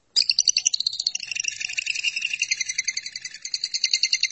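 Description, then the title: Lovebird chattering song: a continuous stream of fast, shrill, buzzy twitters that runs unbroken for about four seconds. "BM Suara Burung Lovebird"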